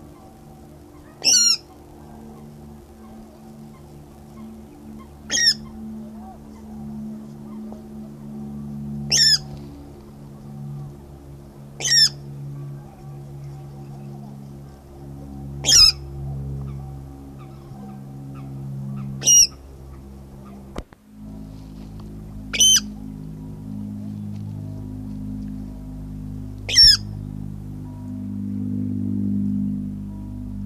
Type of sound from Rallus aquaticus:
call